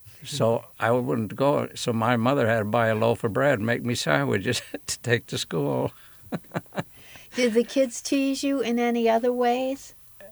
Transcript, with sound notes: So I would go - so my mother had to buy a loaf of bread - make me sandwiches to take to school (laughs)
Did the kids tease you in any other ways -
Um.